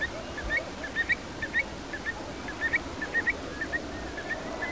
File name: Occhione